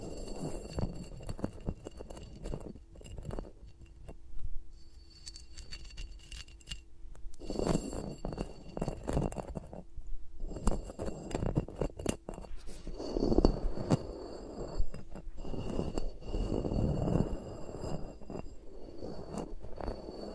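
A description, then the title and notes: Fingers rub, tap and brush around the microphones with no talking, making dense, crackly low scratching and soft thumps. The handling comes in uneven flurries, with fuller rubbing swells near 7.5, 13 and 17 seconds. A faint thin whine runs steadily underneath. ASMR with Mics Around My Fingers (No Talking).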